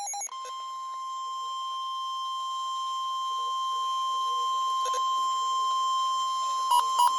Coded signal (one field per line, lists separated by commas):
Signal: Emergency Alert System (SAME) tones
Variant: 1050 Hz attention tone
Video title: HIGH WIND WARNING... EAS Alerts from 12/21/20 (EAS #5,209 - 5,214)